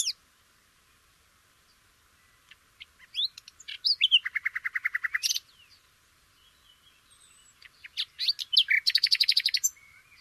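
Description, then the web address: Nightingale song: varied phrases of sharp chirps and whistles, with fast repeated notes in two bursts and pauses between phrases. "shamanippon-2012 Nightingale"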